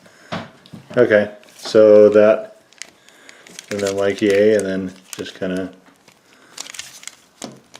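A plastic action figure part is handled during transformation as it is pushed back toward its joint on the figure body, with plastic crinkling and small sharp ticks while someone talks. Nothing has seated or clicked yet; the part is not yet home.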